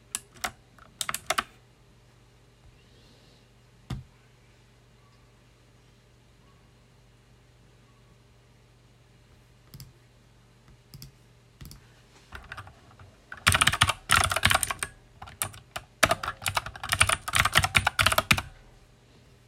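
Loud mechanical keyboard typed close-up: brief bursts early, scattered clicks, then dense rapid clacking from thirteen seconds, over a steady low hum.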